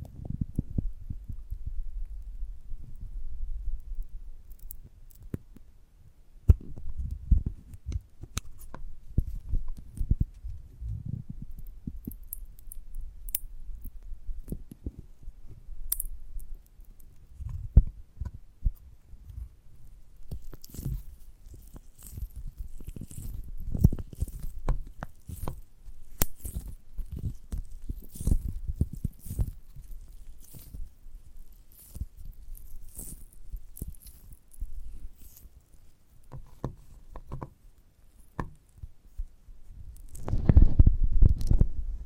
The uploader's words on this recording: ASMR of a Giant Gummy Bear (No Talking).